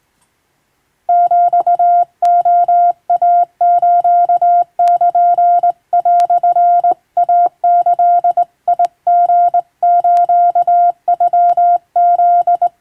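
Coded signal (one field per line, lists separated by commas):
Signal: Morse code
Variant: Japanese Wabun code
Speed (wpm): 20 wpm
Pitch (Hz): 700 Hz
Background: none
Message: ヒレイスル)イギリスノフ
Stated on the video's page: Hand-keyed Japanese wabun Morse with a telegraph key, practice from telegram practice texts, by a first-class radiotelegraph operator.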